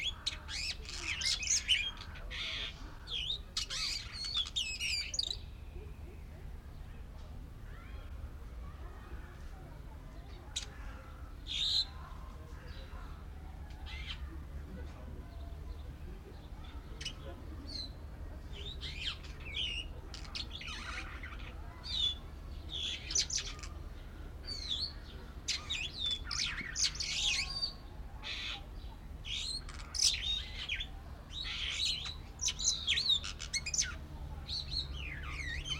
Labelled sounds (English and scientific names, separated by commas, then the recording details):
Superb Starling (Lamprotornis superbus)
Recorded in captivity
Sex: male
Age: adult
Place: Zoo Berlin, Berlin, DE
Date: 1994-05-21 12:28
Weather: heiter, 12-16°C
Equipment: Marantz CP 430, Sennheiser ME 80, Kopie Uher Variocord 263
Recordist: Tembrock, Günter